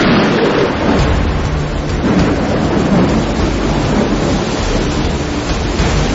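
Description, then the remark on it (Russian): A loud, steady roar of a storm at sea around a schooner: crashing waves and rushing wind over deep rumbling thunder, with a hiss like rain running throughout and no voices. “Держи шхуну поперек волн, иначе она перевернется.”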